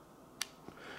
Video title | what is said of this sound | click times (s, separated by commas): Victorinox SwissCard For My Wife's Valentines Day Gift...A Good Idea? | but uh it barely clicks in because it's been open and close so many times | 0.4 s